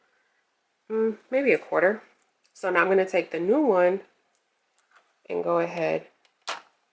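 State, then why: Seated. Someone talks while a new sublimation ink bottle is pushed down onto the plastic fill nozzle of the ink tank on an Epson EcoTank 15000 printer. A sharp click at 6.5 s marks the bottle seating into place on the fill port.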